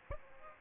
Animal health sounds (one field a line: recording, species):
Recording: mosquito wingbeat signal from an infrared sensor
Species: Aedes aegypti